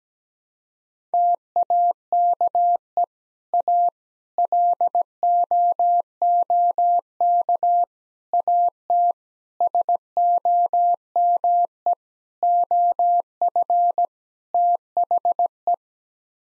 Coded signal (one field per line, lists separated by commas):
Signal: Morse code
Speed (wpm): 17 wpm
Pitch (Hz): 700 Hz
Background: none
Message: TAKE A LOOK AT SOME OF THE